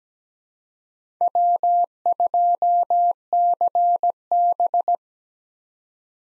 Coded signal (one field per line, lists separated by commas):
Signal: Morse code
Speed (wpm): 17 wpm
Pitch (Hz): 700 Hz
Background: none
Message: W2CB